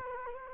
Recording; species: mosquito wingbeat signal from an infrared sensor; Culex quinquefasciatus